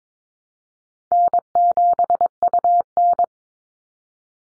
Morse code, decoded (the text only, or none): N7UN